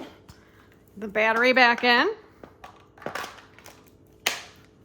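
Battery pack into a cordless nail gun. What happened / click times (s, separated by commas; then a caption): The battery pack clicked home in the tool / 4.3 s. Someone talks, then a battery pack is pushed back into a cordless nail gun amid faint handling noises. It seats with a loud, sharp click at 4.3 s, leaving the tool ready to use.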